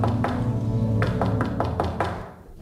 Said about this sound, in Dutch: En achter klopte ik op een deur.